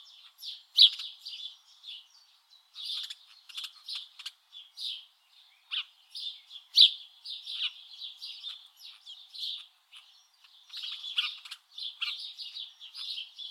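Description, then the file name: House Sparrow chatter, a dense run of chirps and cheeps, with a few louder notes standing out. "Passer domesticus"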